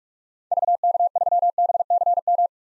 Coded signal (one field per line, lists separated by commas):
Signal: Morse code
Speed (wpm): 46 wpm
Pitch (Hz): 700 Hz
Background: none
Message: VK3BCM